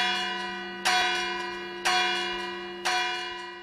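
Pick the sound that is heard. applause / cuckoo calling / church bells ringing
church bells ringing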